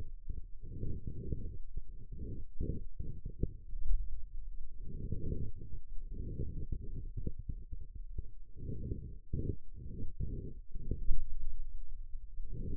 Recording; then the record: forearm muscle sounds (acoustic myography)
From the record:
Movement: pen grasping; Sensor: system 2, bracelet of six BSWA MPA416 microphones around the upper forearm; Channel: 6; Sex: male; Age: 22 years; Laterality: right